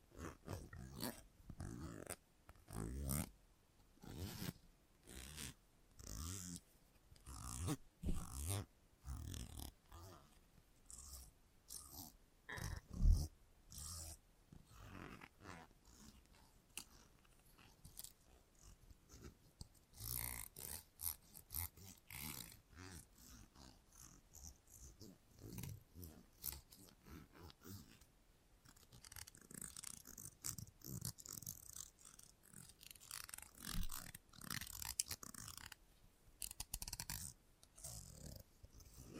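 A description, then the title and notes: Scissors snip and rustle during a salon haircut, a dense, irregular run of short crisp clicks and scrapes with brief pauses between clusters. A sharper snap stands out near thirteen seconds, and the last stretch becomes busier, with quicker, softer brushing and snipping. Salon Haircut Head Massage, Scissors and Clipper.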